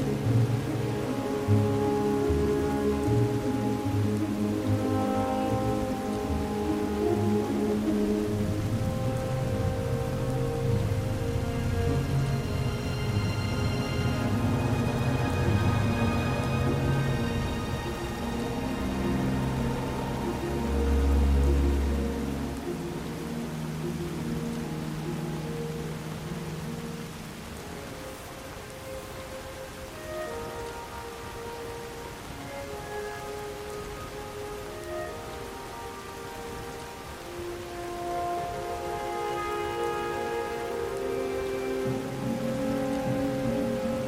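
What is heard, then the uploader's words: Soft, sustained music with long held tones plays over a steady hiss of rain. A low rumble swells briefly around the middle, then the music thins and quiets for a stretch before fuller tones return near the end. Skyrim - Music & Ambience - Rainy Solstheim.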